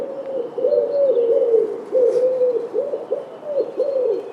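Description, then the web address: Bird giving a string of low, hollow cooing notes, short rounded syllables repeated in quick succession. "cianscape. Deverinetal. Bird Only"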